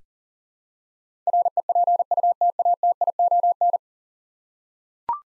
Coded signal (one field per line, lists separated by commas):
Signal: Morse code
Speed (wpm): 40 wpm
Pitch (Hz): 700 Hz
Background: none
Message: REPUTATION